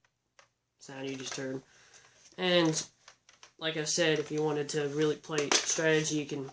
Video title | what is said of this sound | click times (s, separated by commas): Nerf zombie strike sledge fire review | it should make a click sound or a very loud | 0.4 s